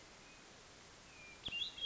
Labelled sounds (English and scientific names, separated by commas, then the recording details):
Hermit Thrush (Catharus guttatus)
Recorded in Sonoma County, California